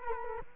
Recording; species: mosquito wingbeat signal from an infrared sensor; Culex quinquefasciatus